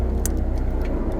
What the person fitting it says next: just heard the click and we're going to pull back on it